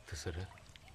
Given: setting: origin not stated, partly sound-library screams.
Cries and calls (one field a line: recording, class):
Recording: one-second piece from a danger detection set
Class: normal situation